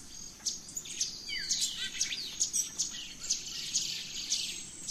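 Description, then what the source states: Several birds chirping and whistling together, quick rhythmic notes with a few downslurred whistles, against a constant high drone. Dawn chorus in rainforest, Gran Sabana, Venezuela.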